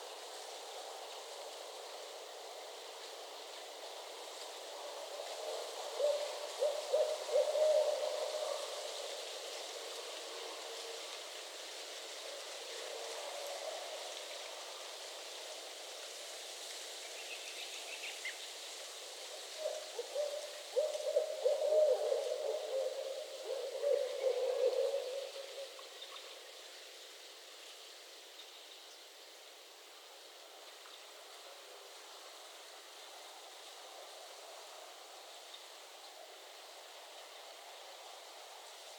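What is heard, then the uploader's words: Barred owls call over a steady, rain-like hiss, their hoots and wavering cries coming in bouts: one around 7 to 9 seconds, a short one near 14, and a longer, busier stretch from 20 to 26 seconds. Afterward only the quieter hiss remains. Barred Owl Mating Season in Northern Michigan. This recording has a fair bit of noise pollution in the form of traffic and the occasional aircraft. I was a couple of miles away from where I wanted to record but heard the owls starting their calls so wanted to record them.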